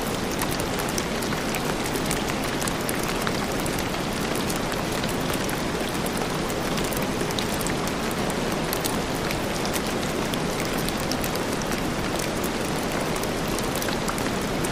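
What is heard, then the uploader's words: A steady rainstorm pours down without pause, a dense hiss of drops filling everything from low rumble to bright crackle. Scattered sharper taps stand out now and then against the wash, and the level stays even from start to finish. Dreamy Rain Sleep Sounds | Relaxing Rainstorm White Noise.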